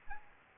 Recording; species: mosquito wingbeat signal from an infrared sensor; Anopheles gambiae